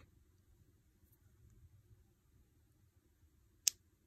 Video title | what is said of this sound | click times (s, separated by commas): How to clean skate bearings, basic skate maintenance! | and you should hear an audible click there | 3.7 s